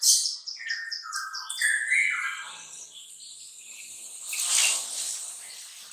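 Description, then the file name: Bulbul song, a tumbling series of varied descending warbled notes, followed by softer trailing notes and a burst of hissy noise. "suara kutilang trucukan"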